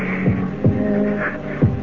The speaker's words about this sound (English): What am I saying? It's not her heart that's beating. It's mine. It's my heart. My heart.